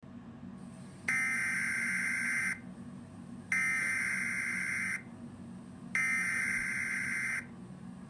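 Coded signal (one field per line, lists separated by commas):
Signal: Emergency Alert System (SAME) tones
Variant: header bursts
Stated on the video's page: Fictional EAS scenario.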